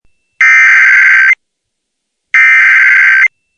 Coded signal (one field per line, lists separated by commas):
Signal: Emergency Alert System (SAME) tones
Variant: header bursts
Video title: Flash Flood Emergency Extension on KHPR-FM EAS #535